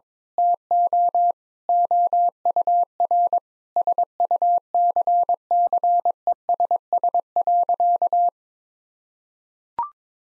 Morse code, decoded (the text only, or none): TO OUR SUCCESS.